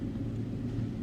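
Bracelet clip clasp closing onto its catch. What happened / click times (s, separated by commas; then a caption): The clasp is being handled but has not yet clicked shut / none. A jewellery bracelet's clip clasp is handled and pushed toward its catch while a steady low rumble fills the clip, with no sharp sounds. Nothing has seated or clicked yet.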